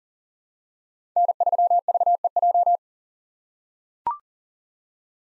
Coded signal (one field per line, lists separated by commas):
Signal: Morse code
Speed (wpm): 40 wpm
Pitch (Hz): 700 Hz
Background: none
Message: N3VEJ